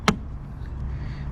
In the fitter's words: if you get those clicks you know it went into the two white tabs correctly